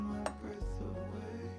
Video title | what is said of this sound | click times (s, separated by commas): How to Turn Dry Corn into Delicious Tortillas! #massa | so the other plate put them in facing each other and just rotate until it clicks on there | 0.3 s